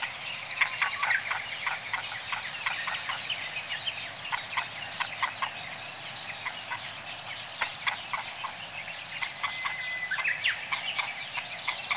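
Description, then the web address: White-tailed eagle giving a rapid series of sharp, yelping notes, repeated in bursts throughout, with a few thin whistled sounds behind. "haliaeetus albicilla"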